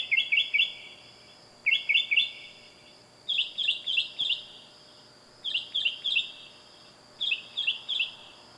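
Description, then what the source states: Bird giving quick runs of several sharp descending whistles, the groups coming about every two seconds, against a constant high-pitched whine and faint background hiss. Loud bird calling at night.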